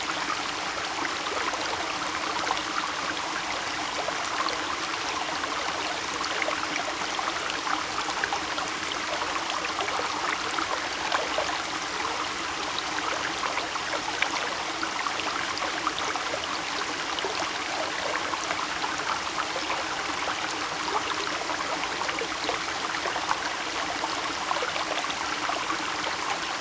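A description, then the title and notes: A river rushes steadily, a dense, unbroken wash of water that stays at the same level from start to finish. The sound sits mostly in the middle and upper range, with fine splashing detail, and there is little deep rumble beneath it. River Sounds White Noise. Our content is 100% original, recorded in the Rain Forests of Costa Rica.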